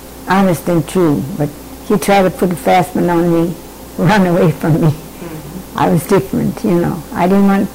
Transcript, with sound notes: honest and true, but if you tried to pull a fast one on me, run away from me (laughs)
Um, huh.
I was different, you know. I didn't want,